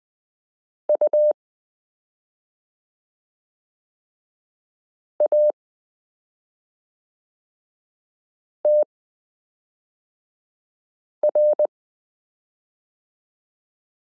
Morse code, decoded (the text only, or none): UATR